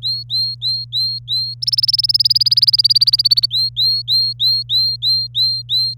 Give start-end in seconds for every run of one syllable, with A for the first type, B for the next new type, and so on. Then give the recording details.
0.00-1.54 A, 1.62-3.46 B, 3.51-5.94 A. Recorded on 27 April 2018 at 10:03. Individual llb3